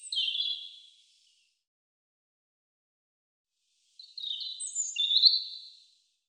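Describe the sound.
European robin song: a brief high warbling fragment at the start, a few seconds of silence, then a longer phrase of thin whistles and sweet trills.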